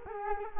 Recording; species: mosquito wingbeat signal from an infrared sensor; Culex quinquefasciatus